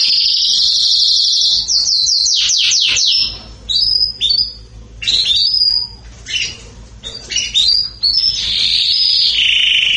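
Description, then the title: Belgian canary song opening with a sustained buzzy note and a loud rattling trill, then varied whistled chirps and buzzy phrases ending in a long sustained note. Singing in a rapid, fired-off style. "Canario Belga. Salsa Cantando Disparado"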